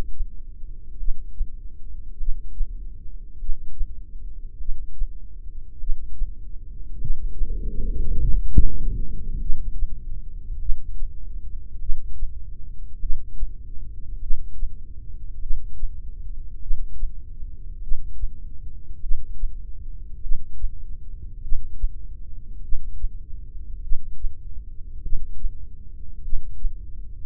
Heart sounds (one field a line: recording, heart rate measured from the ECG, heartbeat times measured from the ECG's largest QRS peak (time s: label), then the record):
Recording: heart sounds by microphone in the left ear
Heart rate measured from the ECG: 50 bpm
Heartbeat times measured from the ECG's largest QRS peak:
1.00 s: heartbeat
2.20 s: heartbeat
3.41 s: heartbeat
4.61 s: heartbeat
5.81 s: heartbeat
7.01 s: heartbeat
8.21 s: heartbeat
9.41 s: heartbeat
10.62 s: heartbeat
11.82 s: heartbeat
13.02 s: heartbeat
14.23 s: heartbeat
15.43 s: heartbeat
16.63 s: heartbeat
17.83 s: heartbeat
19.03 s: heartbeat
20.24 s: heartbeat
21.44 s: heartbeat
22.64 s: heartbeat
23.84 s: heartbeat
25.04 s: heartbeat
26.25 s: heartbeat
From the record:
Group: heart failure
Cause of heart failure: cardiac sarcoid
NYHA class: 1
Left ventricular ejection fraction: 39%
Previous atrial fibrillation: present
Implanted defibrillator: present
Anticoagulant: apixaban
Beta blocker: carvedilol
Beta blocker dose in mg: 50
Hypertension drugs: ramipril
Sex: male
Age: 79 years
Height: 184 cm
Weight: 92.5 kg